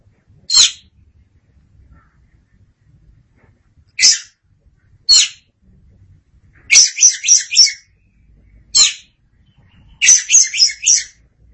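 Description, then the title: Oriental magpie-robin calls: single scratchy rasps alternate with rapid chattering strings of four or five harsh notes, with short silent gaps. Little else is heard. Chirping song. "Suara Kicauan Burung Kacer"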